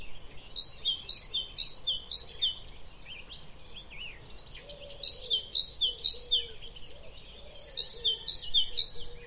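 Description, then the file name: Great tit singing a ringing, see-sawing two-note phrase in rapid runs of several repeats, broken by a short gap. "Parus major"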